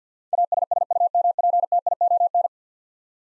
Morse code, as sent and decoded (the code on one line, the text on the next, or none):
.- ... ... ..- -- .--. - .. --- -.
ASSUMPTION